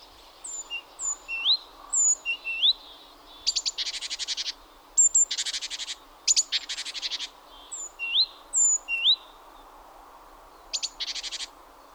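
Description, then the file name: Great tit calls: high thin whistled notes and upslurs early, then several harsh buzzy churr rattles in quick succession, ending with one more churr burst. "Parus major"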